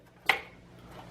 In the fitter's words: you hear it snap.